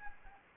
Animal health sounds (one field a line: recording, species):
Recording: mosquito wingbeat signal from an infrared sensor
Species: Anopheles gambiae